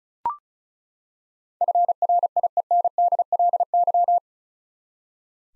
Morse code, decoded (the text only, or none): FRIENDLY